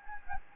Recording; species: mosquito wingbeat signal from an infrared sensor; Anopheles gambiae